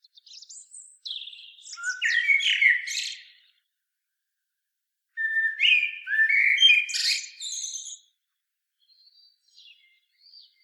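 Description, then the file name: Common blackbird song: two melodious whistled phrases topped by scratchy squeaks, each about two to three seconds long, with a few faint high notes afterwards. "Turdus merula"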